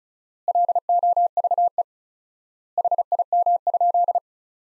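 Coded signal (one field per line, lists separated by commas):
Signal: Morse code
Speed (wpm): 36 wpm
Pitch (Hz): 700 Hz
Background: none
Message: LOVE HIM?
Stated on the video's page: Morse practice of sentences built from the top 400 words, sent at 35 wpm with 4x standard word spacing, a Farnsworth-like method applied to words.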